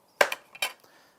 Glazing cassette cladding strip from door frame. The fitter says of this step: and you'll hear that'll just click off